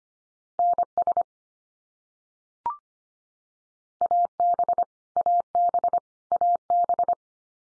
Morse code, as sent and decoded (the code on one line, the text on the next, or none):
-. ... / .- -... / .- -... / .- -...
NS AB AB AB